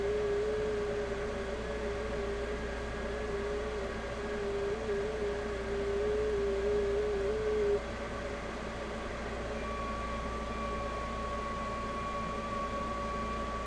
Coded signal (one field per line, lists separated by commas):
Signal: FT8